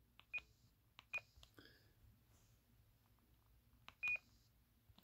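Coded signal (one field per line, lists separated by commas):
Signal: none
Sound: radio key beeps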